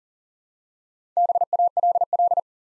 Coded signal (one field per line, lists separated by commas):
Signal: Morse code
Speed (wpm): 40 wpm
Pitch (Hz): 700 Hz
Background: none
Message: BALL